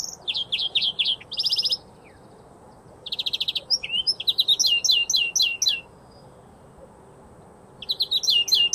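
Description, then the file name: European greenfinch twittering song, quick chirps and short rattled trills in three phrases with pauses between them, the third burst starting near the end. "Chloris chloris"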